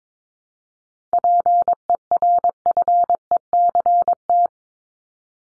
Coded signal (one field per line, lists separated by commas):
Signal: Morse code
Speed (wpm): 22 wpm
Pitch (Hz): 700 Hz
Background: none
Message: PERFECT